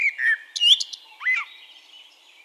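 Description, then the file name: Eurasian blackbird song fragment: a brief low fluted note, a sharp high squeak and a short slurred whistle, fading into faint twittering. "Turdus merula"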